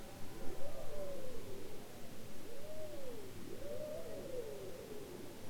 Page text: Bowhead whales ( Balaena mysticetus ) are copycats, imitating sounds heard in their environment. Polar Research